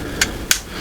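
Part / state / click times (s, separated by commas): arm tab into clip on a transforming robot toy leg / seated / 0.5 s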